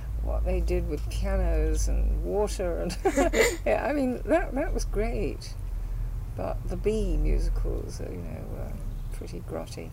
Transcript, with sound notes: What they did with pianos and water. [laughs] I mean, that, that was great. But the B musicals, you know, were pretty grotty.